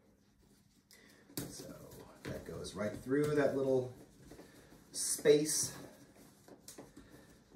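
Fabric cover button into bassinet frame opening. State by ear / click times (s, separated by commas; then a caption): not seated / none. A fastening button on the back of the Bugaboo Dragonfly bassinet's fabric cover is pushed through a small opening in the frame so the fabric is held on, while someone talks. Soft handling bumps and rustles come through between the speech. The clip ends before the part goes home, so nothing has seated or clicked yet.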